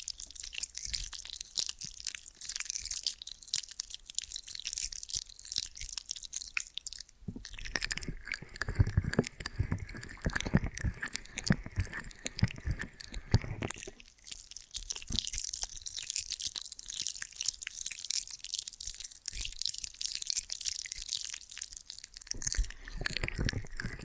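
Ear and scalp massage sounds: dense, bright crackling and rubbing throughout, with a louder, fuller scratching stretch from about 7 to 14 seconds.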